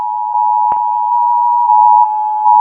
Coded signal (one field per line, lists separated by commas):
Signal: Emergency Alert System (SAME) tones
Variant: 853 and 960 Hz attention tone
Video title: eas alarms animados 4